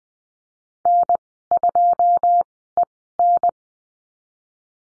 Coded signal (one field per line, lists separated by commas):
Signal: Morse code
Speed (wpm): 20 wpm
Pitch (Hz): 700 Hz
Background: none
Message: N2EN